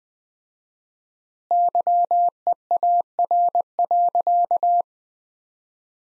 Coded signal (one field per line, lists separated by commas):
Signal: Morse code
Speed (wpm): 20 wpm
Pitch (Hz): 700 Hz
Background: none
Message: YEAR.